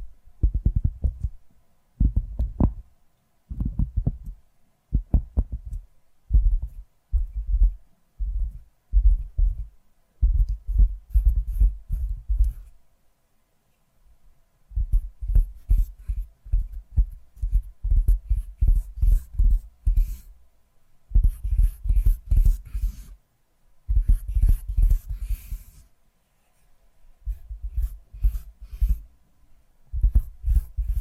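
ASMR tapping in quick clusters of soft, low thumps, each run lasting a few seconds before a brief pause. From around the ten-second mark, bursts of light scratchy hiss join the taps, and the rhythm stays steady and dense through the end.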